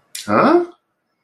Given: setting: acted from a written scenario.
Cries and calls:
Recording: vocal sound without words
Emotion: confusion

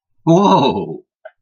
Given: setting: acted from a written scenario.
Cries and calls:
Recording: vocal sound without words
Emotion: positive surprise

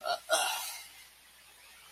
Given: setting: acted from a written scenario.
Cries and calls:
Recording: vocal sound without words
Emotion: shame

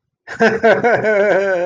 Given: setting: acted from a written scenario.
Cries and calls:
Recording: vocal sound without words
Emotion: amusement

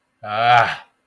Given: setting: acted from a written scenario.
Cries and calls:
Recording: vocal sound without words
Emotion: anger

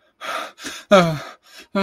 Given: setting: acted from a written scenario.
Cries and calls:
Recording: vocal sound without words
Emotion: distress

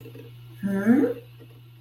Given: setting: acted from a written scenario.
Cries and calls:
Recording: vocal sound without words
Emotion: interest

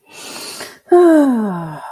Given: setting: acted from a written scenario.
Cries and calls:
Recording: vocal sound without words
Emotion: serenity

